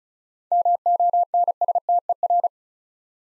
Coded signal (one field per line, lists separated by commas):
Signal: Morse code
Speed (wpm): 36 wpm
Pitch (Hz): 700 Hz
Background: none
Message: MONSTER